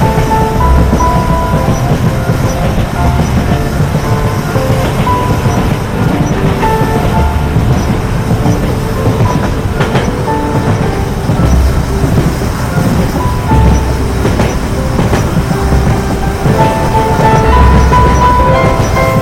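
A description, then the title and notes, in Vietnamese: A train chugs along steadily, a dense low rumble with rhythmic clacking, faint tonal whines, and occasional sharper knocks throughout. Tiếng tàu chạy xình xịch.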